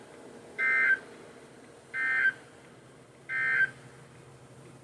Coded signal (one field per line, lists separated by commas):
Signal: Emergency Alert System (SAME) tones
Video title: TWO DAYS OF SEVERENESS (EAS 119-124)